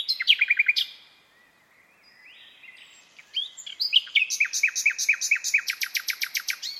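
Bird song of quick high notes and rattling trills, a short opening burst, a quiet gap with soft whistles, then a long, steadily repeated chattering series.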